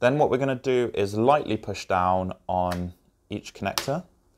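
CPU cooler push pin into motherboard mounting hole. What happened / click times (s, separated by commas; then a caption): Handled, not yet home: no seating click is heard / none. A plastic push pin of a stock CPU cooler is being handled over its mounting hole on the motherboard, about to be pressed down into it, while someone talks. No click is heard and nothing has seated yet.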